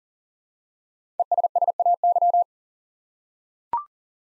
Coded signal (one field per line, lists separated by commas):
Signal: Morse code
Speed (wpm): 42 wpm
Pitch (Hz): 700 Hz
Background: none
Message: ESSAY